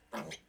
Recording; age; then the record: pig call; piglet (1 to 25 days)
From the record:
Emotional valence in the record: negative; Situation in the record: restrain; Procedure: back test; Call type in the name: low-frequency call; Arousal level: maximum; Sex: male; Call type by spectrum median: low-frequency call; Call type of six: mixed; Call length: 0.49 s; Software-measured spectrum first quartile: 481 Hz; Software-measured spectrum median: 1122 Hz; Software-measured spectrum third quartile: 2794 Hz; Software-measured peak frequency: 219 Hz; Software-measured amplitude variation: 176 dB a second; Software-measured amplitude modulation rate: 17.2 a second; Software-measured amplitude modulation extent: 10.2 dB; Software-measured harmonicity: 0.9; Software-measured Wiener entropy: -1.25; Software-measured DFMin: 868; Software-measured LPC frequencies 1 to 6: 638, 1205, 2160, 3204, 3953, 5035 Hz